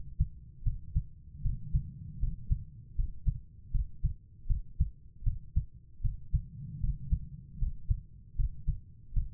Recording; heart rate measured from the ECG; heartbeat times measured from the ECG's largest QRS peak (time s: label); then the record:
heart sounds by stethoscope; 78 bpm
0.62 s: heartbeat
1.41 s: heartbeat
2.19 s: heartbeat
2.95 s: heartbeat
3.71 s: heartbeat
4.46 s: heartbeat
5.23 s: heartbeat
6.01 s: heartbeat
6.80 s: heartbeat
7.58 s: heartbeat
8.35 s: heartbeat
9.13 s: heartbeat
From the record:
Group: healthy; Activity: rest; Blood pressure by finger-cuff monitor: 108/80 mmHg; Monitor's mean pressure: 89 mmHg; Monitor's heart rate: 78 bpm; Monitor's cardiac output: 5.5 L/min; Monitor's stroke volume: 71 mL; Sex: female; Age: 32 years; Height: 172 cm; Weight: 71.7 kg